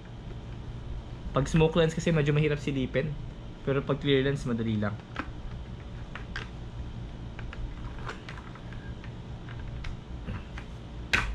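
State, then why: Not seated. Someone talks while handling a smoke visor lens for an HJC C70 helmet, lining it up with the helmet's side mount locks, and a few light clicks and taps follow. Nothing has seated or clicked into place yet.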